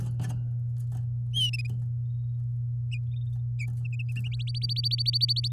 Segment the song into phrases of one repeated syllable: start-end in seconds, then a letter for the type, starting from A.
4.32-5.48 A